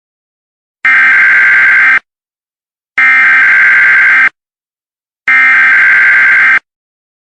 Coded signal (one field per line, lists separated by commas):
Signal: Emergency Alert System (SAME) tones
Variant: header bursts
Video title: The Backrooms EAS Scenario